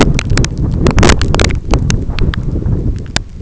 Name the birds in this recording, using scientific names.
none